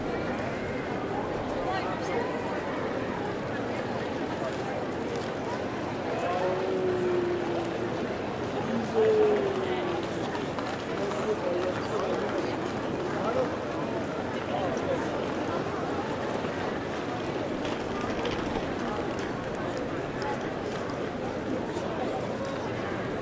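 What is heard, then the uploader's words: Ambient sound at St. Peter in Munich: a steady wash of many overlapping voices and footsteps that stays level throughout. A few brief higher tones, perhaps a bird or a whistle, rise out of the murmur around seven and nine seconds. Munich's St. Peter. Ambient sound of Munich. Recorded using Zoom F6 & Rode NT5 Pair in OTRF configuration.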